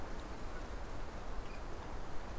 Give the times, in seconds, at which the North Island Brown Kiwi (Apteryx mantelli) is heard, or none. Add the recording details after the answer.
none. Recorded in New Zealand on 14 October 2015. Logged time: 20:29. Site BN6